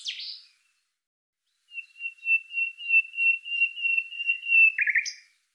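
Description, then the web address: Bird gives a short buzzy note, then a long wavering whistled tone held for about three seconds, ending in a brief rough trill and a high chip. "Deverinetal 2025"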